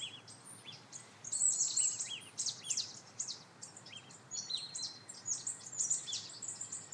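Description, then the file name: Marsh tit calls: scattered high chirps with some lower downslurred notes, irregular pacing, quieter stretches between bursts. "Poecile palustris"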